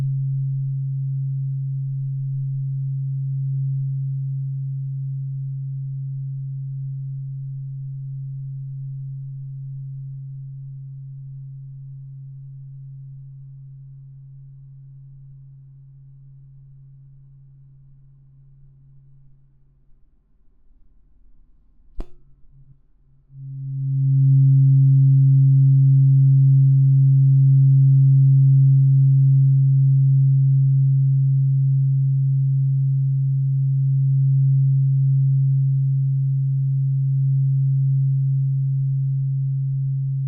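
A low, pure tuning fork tone rings steadily, slowly fading over the first twenty seconds until it nearly dies away. Around 22 seconds a sharp tap sounds, and the fork swells back to a strong, even hum that sustains to the end.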